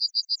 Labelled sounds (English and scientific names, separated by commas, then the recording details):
Yellowhammer (Emberiza citrinella) song
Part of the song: start
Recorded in the Czech Republic on 22 May 2013
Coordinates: 49.754, 18.458
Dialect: BE
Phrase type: H11
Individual 298992